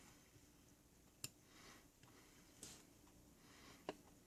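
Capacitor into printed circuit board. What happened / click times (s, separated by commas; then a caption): The small component snapped into the board / 1.2 s, 3.9 s. A capacitor's leads are pushed through the holes of a printed circuit board before soldering until the part seats firmly against the board. Sharp clicks at 1.2 s and 3.9 s mark it snapping into place, with a softer, longer rustle at about 2.6 s over quiet background noise. The capacitor ends up firmly seated on the board.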